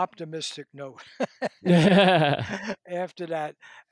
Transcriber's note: laughter